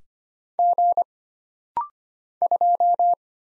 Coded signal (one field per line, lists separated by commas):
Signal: Morse code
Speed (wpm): 25 wpm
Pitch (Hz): 700 Hz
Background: none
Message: G 2